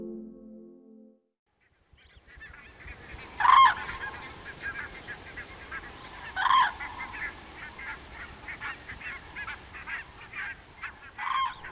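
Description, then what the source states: Common Crane calls, three loud ringing bursts among fainter calls, over steady background noise. Cranes gathering before their autumn migration from Finland.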